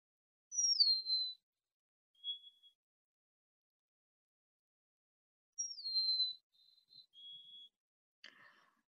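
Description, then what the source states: Golden-crowned Sparrow song: a clear whistled phrase of falling notes that opens with a downward slide, heard twice about five seconds apart, followed by a brief faint click. Recording played on air; song remembered as 'oh dear me' or 'oh poor me'; the birds pass through for only a couple of weeks in spring.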